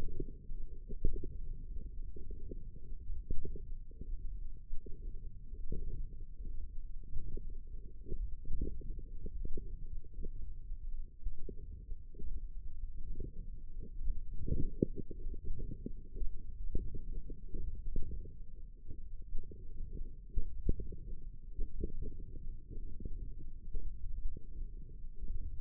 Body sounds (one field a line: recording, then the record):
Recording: forearm muscle sounds (acoustic myography)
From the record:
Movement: radial deviation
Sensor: system 1, eight BSWA MPA416 microphones around the upper forearm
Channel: 5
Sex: female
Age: 21 years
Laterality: right